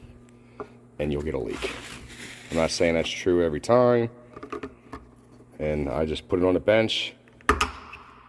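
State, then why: Seated. On the bench, a new paper oil filter cartridge for a Chevy HHR with an Ecotec 2.2L engine is pushed into the plastic oil filter housing cap while someone talks. A loud, sharp click is heard at 7.5 s as the cartridge seats in the housing cap.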